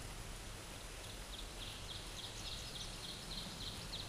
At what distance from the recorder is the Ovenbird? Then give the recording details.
about 75 m. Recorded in a Pennsylvania forest on 17 May 2023 at 12:48. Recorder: AudioMoth, point grid1_13_low. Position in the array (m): 183 m, 74 m